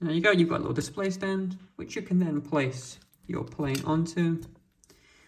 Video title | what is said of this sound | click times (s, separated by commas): PPC Jet2 Holidays Airbus A321 G-HLYF 1:200 Scale PP-291034 Unboxing and Assembly Showcase | you just push it in like so. Little click, and you | 4.8 s